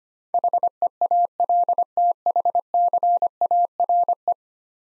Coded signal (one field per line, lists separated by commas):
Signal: Morse code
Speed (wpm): 25 wpm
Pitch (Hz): 700 Hz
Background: none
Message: HEALTHCARE